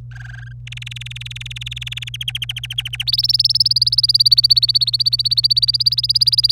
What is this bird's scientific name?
Serinus canaria